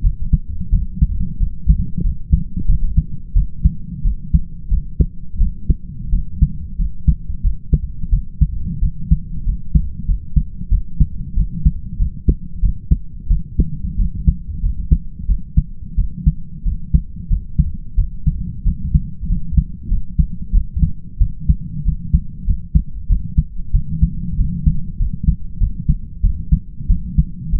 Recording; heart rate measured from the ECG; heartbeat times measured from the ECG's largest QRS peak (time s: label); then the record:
heart sounds by stethoscope; 92 bpm
0.02 s: heartbeat
0.70 s: heartbeat
1.38 s: heartbeat
2.02 s: heartbeat
2.66 s: heartbeat
3.34 s: heartbeat
4.03 s: heartbeat
4.69 s: heartbeat
5.38 s: heartbeat
6.11 s: heartbeat
6.77 s: heartbeat
7.42 s: heartbeat
8.10 s: heartbeat
8.80 s: heartbeat
9.44 s: heartbeat
10.06 s: heartbeat
10.69 s: heartbeat
11.35 s: heartbeat
11.97 s: heartbeat
12.61 s: heartbeat
13.28 s: heartbeat
13.97 s: heartbeat
14.61 s: heartbeat
15.27 s: heartbeat
15.96 s: heartbeat
16.63 s: heartbeat
17.28 s: heartbeat
17.96 s: heartbeat
18.64 s: heartbeat
19.27 s: heartbeat
19.89 s: heartbeat
20.52 s: heartbeat
21.19 s: heartbeat
21.84 s: heartbeat
22.45 s: heartbeat
23.08 s: heartbeat
23.72 s: heartbeat
24.36 s: heartbeat
24.98 s: heartbeat
25.59 s: heartbeat
26.22 s: heartbeat
26.87 s: heartbeat
27.51 s: heartbeat
From the record:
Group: healthy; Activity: light exercise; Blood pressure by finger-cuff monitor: 120/63 mmHg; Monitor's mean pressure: 77 mmHg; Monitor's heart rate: 92 bpm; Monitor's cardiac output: 7 L/min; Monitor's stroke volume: 76 mL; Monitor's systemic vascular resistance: 790 dyn s/cm5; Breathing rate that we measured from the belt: 23 breaths a minute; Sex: male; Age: 20 years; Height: 167 cm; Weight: 61 kg